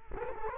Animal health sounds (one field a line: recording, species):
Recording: mosquito wingbeat signal from an infrared sensor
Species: Culex quinquefasciatus